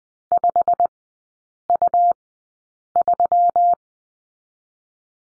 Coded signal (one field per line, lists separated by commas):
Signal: Morse code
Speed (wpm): 20 wpm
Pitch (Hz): 700 Hz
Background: none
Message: 5U3